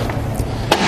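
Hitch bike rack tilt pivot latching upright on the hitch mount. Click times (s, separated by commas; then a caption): 0.7 s. A Kuat NV 2.0 hitch bike rack for two bikes, loaded with a bike on the hitch mount of a 2016 Nissan Quest, is lifted from its tilted-away position back to upright. After a faint knock near 0.1 s, the metal tilt pivot latch locks with a sharp click at 0.7 s, and the rack is seated upright.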